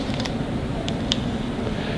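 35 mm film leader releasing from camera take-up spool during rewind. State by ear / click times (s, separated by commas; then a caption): released / 1.1 s. Someone turns the rewind crank of a 35 mm film camera, which creaks steadily with a few small ticks. At 1.1 s the film leader snaps free of the take-up spool with a sharp click, releasing the film so the crank turns very easily.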